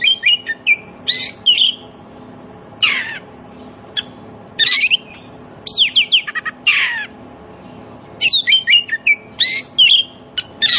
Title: Cukup Hitungan Menit Kacer Lain Bisa Bunyi. CUKUP 5 Menit Kacer LAIN NYAUT JADI GACOR, PANCINGAN KACER MACET BUNYI